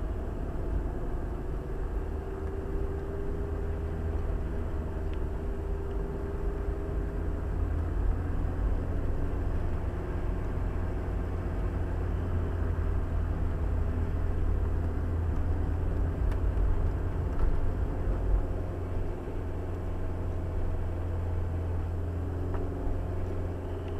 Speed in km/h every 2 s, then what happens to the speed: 24, 32, 31, 31, 32, 31, 29, 34, 37, 34, 33, 36.
0-2 speeds up to 32. 2-12 steady at about 31. 12-16 speeds up to 37. 16-24 steady at about 34.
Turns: none.